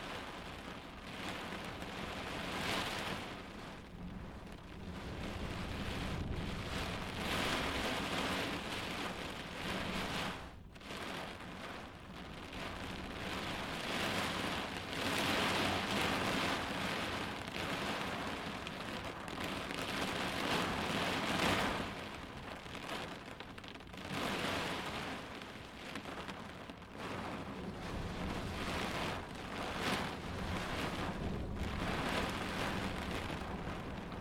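A storm heard from inside a car: dense, steady rain drums on the roof and windows, with a deep low rumble underneath. The downpour swells and eases in waves every few seconds, with a brief sharp drop near the ten-second mark.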